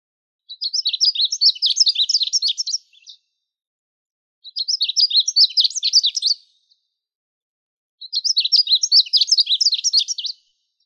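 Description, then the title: Bird song: three rapid, high twittering phrases of dense chirps, each about two seconds long, separated by short pauses, with nothing else audible. "LuckyPassaros CompletosSama"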